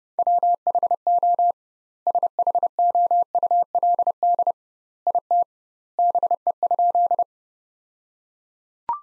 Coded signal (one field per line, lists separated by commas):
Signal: Morse code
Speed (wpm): 30 wpm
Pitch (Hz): 700 Hz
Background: none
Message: WHO SHOULD IT BE?